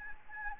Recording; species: mosquito wingbeat signal from an infrared sensor; Anopheles gambiae